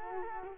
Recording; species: mosquito wingbeat signal from an infrared sensor; Culex quinquefasciatus